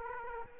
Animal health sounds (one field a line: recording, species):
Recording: mosquito wingbeat signal from an infrared sensor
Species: Aedes aegypti